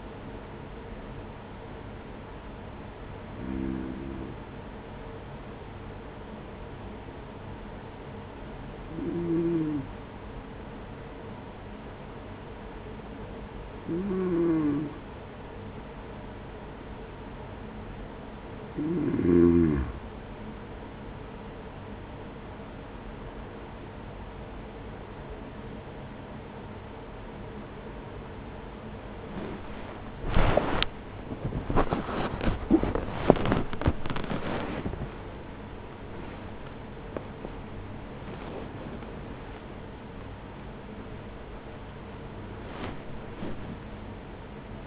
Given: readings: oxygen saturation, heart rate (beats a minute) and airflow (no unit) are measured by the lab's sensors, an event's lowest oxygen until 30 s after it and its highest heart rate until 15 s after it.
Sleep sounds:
breathing in sleep by a voice recorder at the bedside; 1
5.00-21.20 s: hypopnea (N1, oxygen 95% highest, then 94% lowest, heart rate 49 at the start, 69 highest)
24.00-44.87 s: new sleep stage, awake
36.00-44.87 s: awake
From the record:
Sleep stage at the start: N1 (lightest sleep); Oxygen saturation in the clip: 94 to 95%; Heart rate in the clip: 44 to 77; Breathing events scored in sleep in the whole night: 210 in 6.9 hours asleep

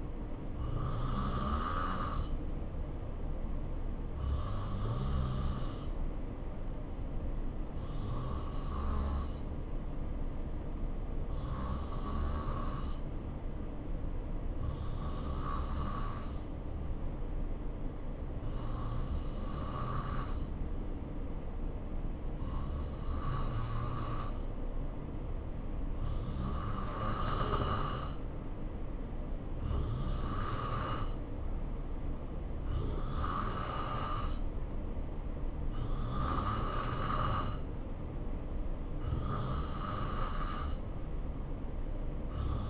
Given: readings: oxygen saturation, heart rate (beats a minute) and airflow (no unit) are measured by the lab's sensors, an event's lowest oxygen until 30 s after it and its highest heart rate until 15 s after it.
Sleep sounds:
breathing in sleep by a smartphone at the bedside; 1
6.00-29.70 s: hypopnea (N2, oxygen 91% highest, then 87% lowest, heart rate 69 at the start, 74 highest)
From the record:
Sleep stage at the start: N2 (light sleep); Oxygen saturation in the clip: 88 to 91%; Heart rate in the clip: 66 to 74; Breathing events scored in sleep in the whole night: 277 in 7.4 hours asleep

